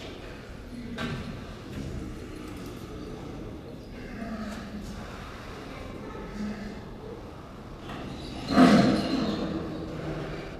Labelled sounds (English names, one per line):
Snow Leopard growling